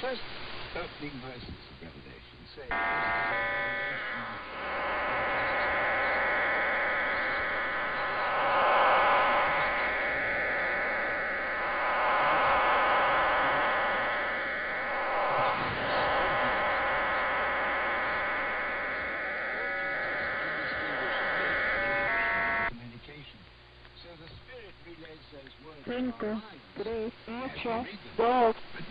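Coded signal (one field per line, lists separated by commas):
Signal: numbers station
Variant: HM01, Spanish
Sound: voice reading Spanish numbers, then about 20 seconds of wide warbling digital hiss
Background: radio static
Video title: 26 01 2022 Cuban Spy Number HM01 in Spanish 0805 & 0808 on 9330 & 9065 Bejucal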